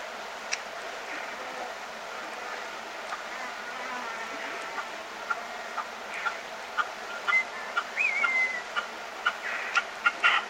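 Red-legged partridge giving clipped chucking notes that start sparse and grow faster and louder, with a brief whistle partway through.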